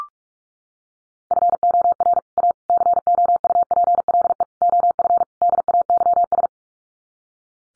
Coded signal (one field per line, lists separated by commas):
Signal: Morse code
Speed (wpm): 44 wpm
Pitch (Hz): 700 Hz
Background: none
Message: FOR A COUPLE OF DAYS